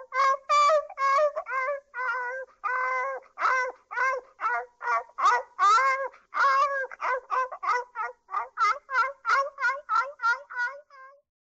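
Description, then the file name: Dog whining: repeated strained, harmonic yelps, some wavering, coming in quick succession and slowly tapering off toward the end. Whining in pain. "sobaka skulit ot boli"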